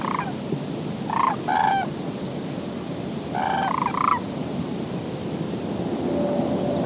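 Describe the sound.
Sandhill Crane giving rattling, trumpet-like calls: a single note, then two clusters of a few notes, with a faint steady tone near the end and hiss behind.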